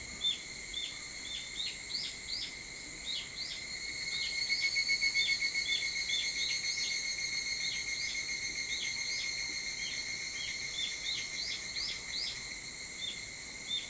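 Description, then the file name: Evening cicada song, a steady high-pitched ringing chorus with short repeated falling chirps; a pulsing, throbbing phrase swells midway then fades. Recorded 22 July 2023 at 04:40. "higurashi 230722 0440"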